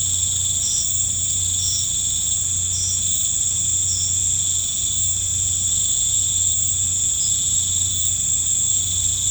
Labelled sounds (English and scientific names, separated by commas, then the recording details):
none
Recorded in pastures near Puerto Asís, Putumayo, Colombia, on 15 December 2024 at 19:00
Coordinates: 0.505, -76.324
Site G063